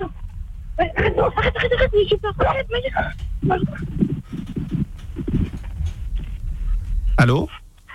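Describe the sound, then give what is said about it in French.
A dog barks in a few sharp bursts amid people talking, then lets out one higher, rising yelp near the end. “Le chien a pris une grande place dans la discussion, a priori en tout cas.”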